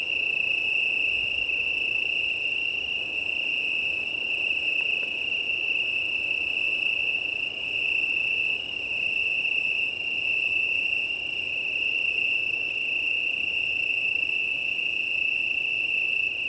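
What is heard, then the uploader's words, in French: A chorus of Italian tree crickets (Oecanthus pellucens) trills without a break, a steady, high, pure tone with fainter overtones above it. Underneath, wind rumbles and rustles unevenly through all sixteen seconds, rising and falling but never drowning the crickets. 20h35 - Plateau de Lesches en Diois - Drôme - Nomad six pistes - mkh8020. Énorme ambiance ce soir avec un chorus de Grillons italiens (Oecanthus pellucens) magnifique, mais dommage que le vent vienne perturber l'ambiance. Le vent est très bien ainsi car il a sa place dans cette ambiance de début de nuit.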